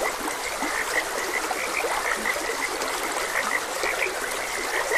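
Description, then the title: Frog chorus of crisp croaks repeating throughout, layered over a soft rushing stream. Frogs croaking beside a gentle stream. "Gentle Stream and Frogs Croaking"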